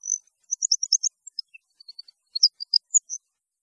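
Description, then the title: European goldfinch song, a quick sequence of high, bright twittering notes and thin chirps, loosely spaced. "Chant Chardonneret"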